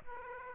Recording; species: mosquito wingbeat signal from an infrared sensor; Aedes aegypti